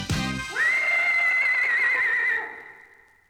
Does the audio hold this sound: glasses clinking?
no